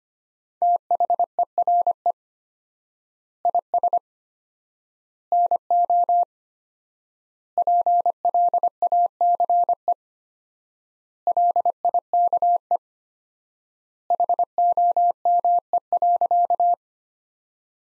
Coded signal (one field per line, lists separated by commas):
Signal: Morse code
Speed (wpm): 25 wpm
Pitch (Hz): 700 Hz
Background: none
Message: THERE IS NO PLACE LIKE HOME.